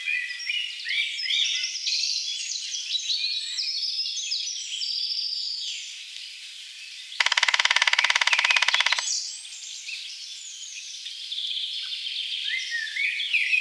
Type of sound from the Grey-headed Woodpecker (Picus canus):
song